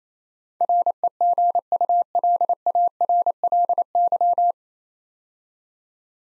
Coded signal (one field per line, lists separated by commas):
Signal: Morse code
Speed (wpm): 27 wpm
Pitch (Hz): 700 Hz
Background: none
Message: REGULARLY